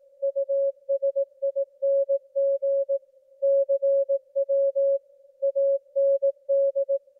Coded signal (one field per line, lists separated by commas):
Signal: Morse code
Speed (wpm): 18 wpm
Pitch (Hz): 550 Hz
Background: music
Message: USING CW AND